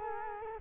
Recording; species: mosquito wingbeat signal from an infrared sensor; Culex quinquefasciatus